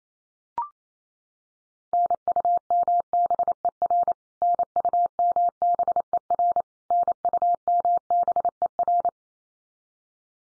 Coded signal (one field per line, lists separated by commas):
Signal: Morse code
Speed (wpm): 28 wpm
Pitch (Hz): 700 Hz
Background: none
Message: NUMBER NUMBER NUMBER